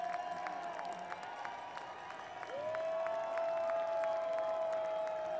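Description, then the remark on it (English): A concert crowd at Nelson Ledges Quarry Park in Garrettsville, Ohio, in 2010 applauds steadily for the band to come back out, with scattered sharp claps over a dense wash of noise, while a sustained high-pitched tone rises and holds partway through, growing slightly louder. “Everybody clap your hands and me and the band will come back out.”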